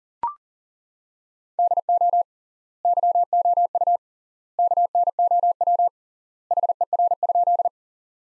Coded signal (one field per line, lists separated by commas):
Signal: Morse code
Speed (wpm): 40 wpm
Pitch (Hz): 700 Hz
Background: none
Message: DO YOU KNOW HER?